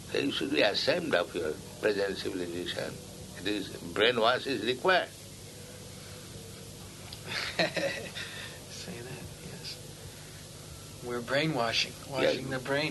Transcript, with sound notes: So you should be ashamed of your present civilization. It is... Brainwash is required."
[laughs] Say that, yes. We're brainwashing, washing their brain.